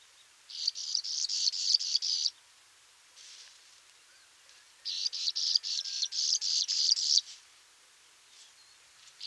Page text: Graceful Prinia Song. Quick Sounds